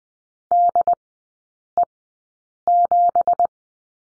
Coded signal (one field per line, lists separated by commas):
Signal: Morse code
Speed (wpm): 20 wpm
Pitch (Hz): 700 Hz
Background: none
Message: DE7